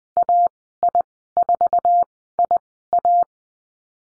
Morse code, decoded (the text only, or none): AI4IA